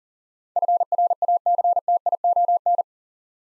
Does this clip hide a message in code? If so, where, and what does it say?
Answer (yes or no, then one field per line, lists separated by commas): yes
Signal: Morse code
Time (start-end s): 0.6-2.8 s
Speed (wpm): 40 wpm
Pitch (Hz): 700 Hz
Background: none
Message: FRACTION